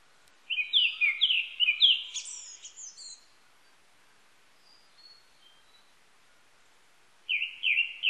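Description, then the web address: Japanese thrush singing a quick series of fluty whistles followed by high twittering notes, a long quiet gap, then a fresh burst of whistled phrases at the end. Recorded 19 April 1998. "1998 980419 kurotugumi"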